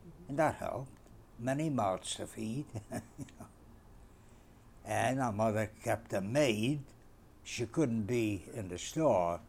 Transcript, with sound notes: and that helped. Many mouths to feed. ( he laughs ) And our mother kept a maid. She couldn't be in the store